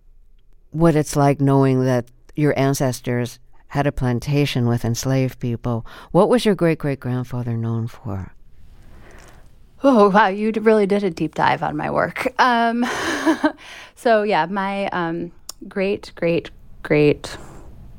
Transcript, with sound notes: what it's like knowing that your ancestors had a plantation with enslaved people, what was your great-great-grandfather known for?
Oh, wow, you really did a deep dive on my work (laughter). So, yeah, my great great great